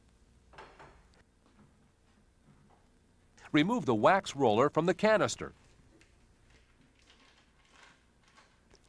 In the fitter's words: to wax hard floors assemble the roller waxer applicator by pushing the two halves together until the spring-loaded pin clicks into place